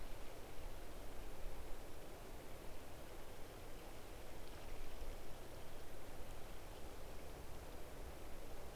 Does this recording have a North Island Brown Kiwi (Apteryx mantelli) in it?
no